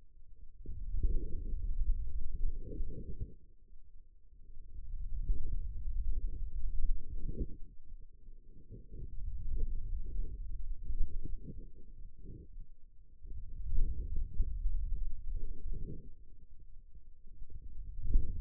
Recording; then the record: forearm muscle sounds (acoustic myography)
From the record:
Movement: hand closing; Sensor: system 2, bracelet of six BSWA MPA416 microphones around the upper forearm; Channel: 3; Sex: male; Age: 22 years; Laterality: right